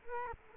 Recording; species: mosquito wingbeat signal from an infrared sensor; Culex quinquefasciatus